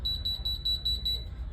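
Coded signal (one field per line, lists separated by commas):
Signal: beep code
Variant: Alarm Lock Trilogy keypad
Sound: a quick run of high, short electronic keypad beeps, then quiet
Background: room hum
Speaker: 6 beeps. I like that.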